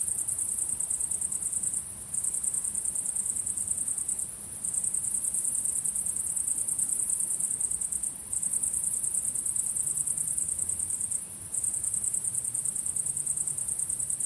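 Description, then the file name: Cricket chirping, a shrill high pulsing trill running steadily, broken by brief pauses around two, four and a half, eight and eleven seconds. At sunset. "syrsor solnedgang"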